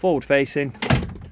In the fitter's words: and that locks it back into position.